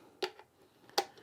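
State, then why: Seated. A second antenna is lined up with the top notch on a router's antenna connector, pushed in and twisted onto it. A sharp tap sounds at about 0.2 s, followed by faint ticks, then a loud, crisp click at 1.0 s as the antenna twist-locks and seats on the connector.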